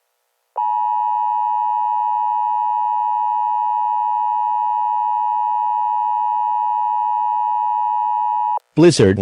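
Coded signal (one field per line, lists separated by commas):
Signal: Emergency Alert System (SAME) tones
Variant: 853 and 960 Hz attention tone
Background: speech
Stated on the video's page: Fictional EAS scenario, a simulated New York blizzard alert.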